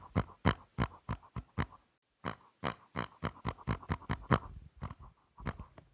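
Pig giving a rapid run of deep, snorting grunts, about four per second, with a short pause about a third of the way in.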